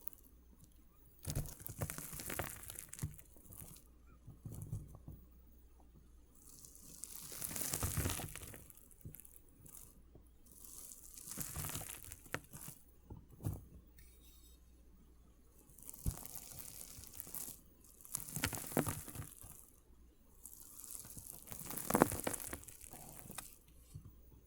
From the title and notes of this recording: ASMR ONLY Crushing water beads sounds Visual Triggers for Relieving Stress (No Talking).